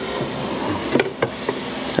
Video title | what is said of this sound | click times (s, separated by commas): This $5000 Rosewood Credenza Restoration Will Blow Your Mind! | there we go see so it goes in and just locks into place | 1.2 s